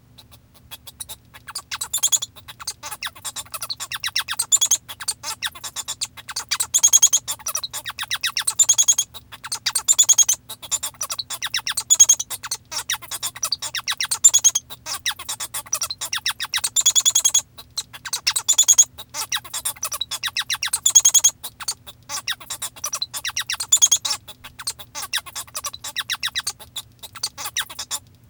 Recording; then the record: song of a male Bengalese finch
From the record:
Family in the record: father 1